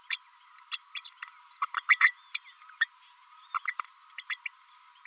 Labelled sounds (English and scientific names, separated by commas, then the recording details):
Green-rumped Parrotlet (Forpus passerinus) babbling
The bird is a female
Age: 32 days
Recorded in a nest box in Venezuela
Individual 17B32A5